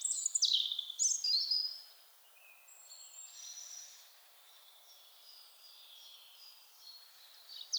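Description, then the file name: European robin song opening with two loud, sweet descending phrases, followed by several seconds of faint, thin high notes and a brief sharp note at the end. "Erithacus rubecula"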